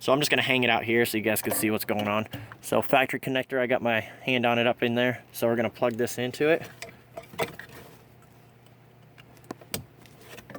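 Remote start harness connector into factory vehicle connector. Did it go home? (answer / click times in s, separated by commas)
yes / 9.7 s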